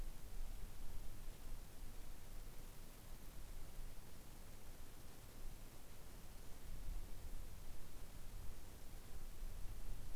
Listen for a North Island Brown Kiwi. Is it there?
no